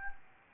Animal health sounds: mosquito wingbeat signal from an infrared sensor; Anopheles gambiae

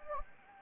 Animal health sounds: mosquito wingbeat signal from an infrared sensor; Anopheles gambiae

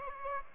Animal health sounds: mosquito wingbeat signal from an infrared sensor; Aedes aegypti

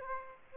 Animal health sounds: mosquito wingbeat signal from an infrared sensor; Aedes aegypti

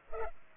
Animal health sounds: mosquito wingbeat signal from an infrared sensor; Culex pipiens

